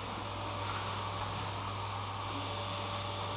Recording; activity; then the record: daily activity, microphone in the room; vacuum cleaning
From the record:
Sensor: 1